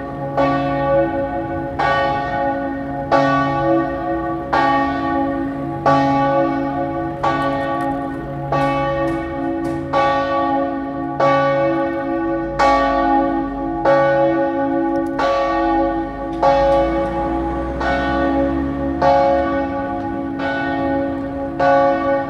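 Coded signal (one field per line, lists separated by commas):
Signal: bell signal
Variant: distesa, swinging great bell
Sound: a large church bell swinging, struck about 17 times at steady intervals, long ringing hum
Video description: Battiore delle 15:00 e distesa del campanone per la Passione di Cristo del Venerdì (dura 1 minuto).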